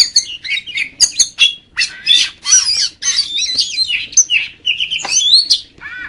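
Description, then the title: Magpie-robin song of loud mixed phrases: sharp clicks, scratchy warbles and clear slurred whistles, delivered almost without pause, ending on a descending whistle. "Kacer"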